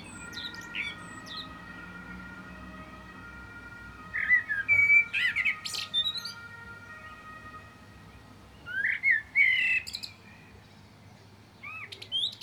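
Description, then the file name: Common blackbird giving two separated song phrases, each a mellow warble ending in high squeaky twitters, and a third beginning at the end, with a steady faint tonal hum in the background. "Turdus merula"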